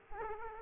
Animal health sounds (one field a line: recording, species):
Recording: mosquito wingbeat signal from an infrared sensor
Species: Aedes aegypti